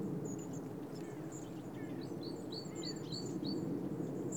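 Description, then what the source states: Bird calls: a run of short high chirps, several a second, in the second half, with faint thin notes before, over a low background rumble. Recorded in Oostduinen.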